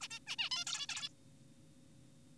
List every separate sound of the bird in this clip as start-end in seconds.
0.01-0.08, 0.11-0.19, 0.27-0.36, 0.39-0.50, 0.51-0.65, 0.67-0.86, 0.89-1.09